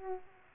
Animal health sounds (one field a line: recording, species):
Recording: mosquito wingbeat signal from an infrared sensor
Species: Aedes aegypti